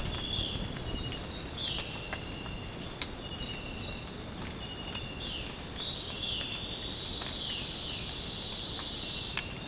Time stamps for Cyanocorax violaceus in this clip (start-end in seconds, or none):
0.30-8.08